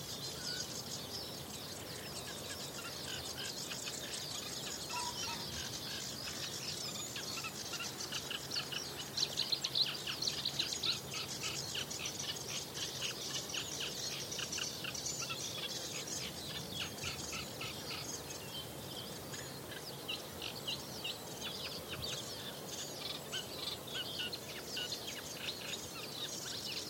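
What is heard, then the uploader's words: Birdsong and insect chirring fill an overgrown railway path, with a dense, bright wash of rapid chirps and trills running throughout. A louder, busier burst of song rises around the ten-second mark, over a faint low hum underneath. The Old Railway Path - Chris Watson. Composer and sound recordist Chris Watson follows the overgrown railway path between Aldeburgh and Saxmundham. Recording an array of elemental, animal and bird sounds. Elemental, animal and bird sounds, including the outpouring of a nightingale.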